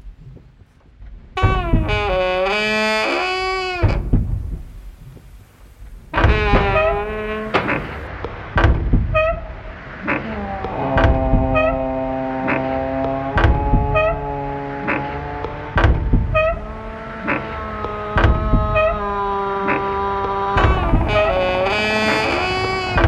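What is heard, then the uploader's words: An old door creaks and groans loudly, its strained, squealing tones bending up and down in long drawn-out swings. Sharp clicks and knocks break in every second or so, with brief lulls near the start and around six seconds. All the song is made with just the sounds of the creaky and squelching old door of my studio.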